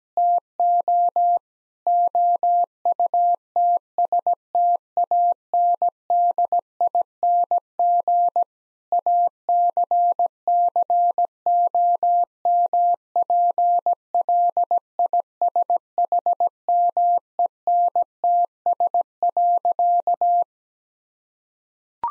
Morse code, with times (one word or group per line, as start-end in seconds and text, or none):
0.2-1.4 TO
1.9-8.4 OUTSTANDING
8.9-20.4 ACCOMPLISHMENTS.